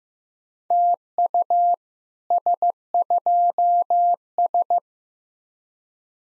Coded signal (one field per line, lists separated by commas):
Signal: Morse code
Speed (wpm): 18 wpm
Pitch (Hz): 700 Hz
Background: none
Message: TU S2S